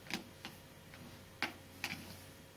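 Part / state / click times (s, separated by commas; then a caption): mini SD card into the card slot of a handheld braille notetaker / seated / 1.4 s. A mini SD card is pushed down with a fingernail into the card slot of a handheld braille notetaker, the APH Braille+ Mobile Manager, with several short ticks, the loudest a sharp click at 1.4 s. The card clicks into place and springs back up a little, showing it is seated in the slot.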